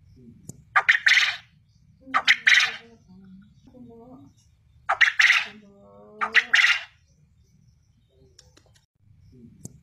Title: Burung Puyuh Mana Yang Tidak Nyaut Dan Gacor Dengan Pancingan Ini